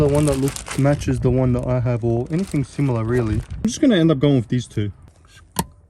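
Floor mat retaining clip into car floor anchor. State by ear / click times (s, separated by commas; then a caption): seated / 5.6 s. Someone talks, then a floor mat retaining clip is pushed into a car floor anchor during interior reassembly. A single sharp click at 5.6 s confirms the clip has seated.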